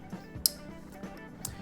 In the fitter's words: and it will lock into place just like that.